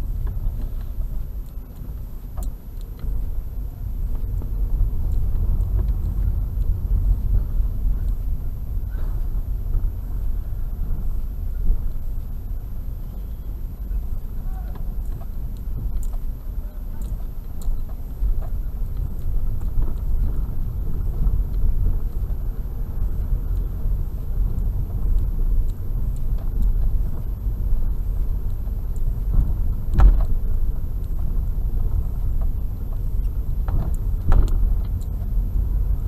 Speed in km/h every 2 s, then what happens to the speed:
7, 1, 20, 17, 14, 12, 9, 9, 8, 12, 15, 16, 15, 15, 15, 16, 17, 20.
2-4 pulls away to 20. 4-16 slows to 8. 16-21 speeds up to 16. 21-29 steady at about 15.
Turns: none.